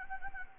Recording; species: mosquito wingbeat signal from an infrared sensor; Anopheles gambiae